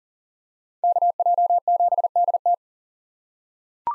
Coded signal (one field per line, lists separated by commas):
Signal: Morse code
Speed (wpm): 40 wpm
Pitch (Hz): 700 Hz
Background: none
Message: KJ7DT